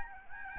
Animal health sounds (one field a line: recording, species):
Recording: mosquito wingbeat signal from an infrared sensor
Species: Aedes albopictus